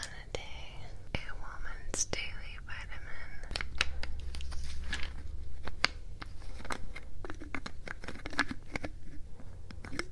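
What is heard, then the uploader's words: Taking supplements, with sharp clicks and snaps of a lid scattered through the ten seconds, some in quick clusters near the start and end. Between them come softer rustling and crunching handling sounds over a low steady hum, which thickens briefly around four to five seconds. Taking My Supplements for the Lid Sounds. Gummies and an Oil Dropper.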